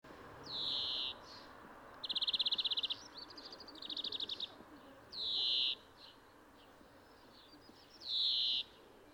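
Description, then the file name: European greenfinch mixing drawn-out buzzy wheezes with rapid rattling trills, the wheezes recurring every few seconds. "Chloris chloris"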